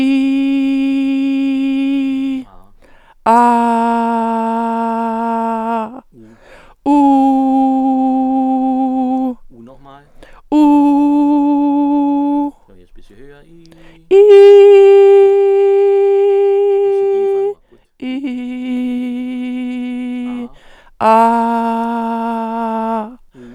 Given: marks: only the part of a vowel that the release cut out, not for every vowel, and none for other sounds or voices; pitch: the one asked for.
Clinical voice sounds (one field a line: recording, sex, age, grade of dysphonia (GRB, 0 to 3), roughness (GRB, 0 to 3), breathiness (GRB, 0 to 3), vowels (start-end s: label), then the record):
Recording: sustained vowels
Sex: female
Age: 60 to 69 years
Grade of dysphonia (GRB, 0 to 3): 0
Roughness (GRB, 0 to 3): 0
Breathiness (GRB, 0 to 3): 0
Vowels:
0.00-1.97 s: vowel /i/, normal pitch
3.54-5.52 s: vowel /a/, normal pitch
10.64-12.38 s: vowel /u/, normal pitch
21.87-22.88 s: vowel /a/, high pitch
From the record:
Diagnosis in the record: dysodia (singing voice disorder)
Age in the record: 62 years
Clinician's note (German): Eventuell beginnende Vox senilis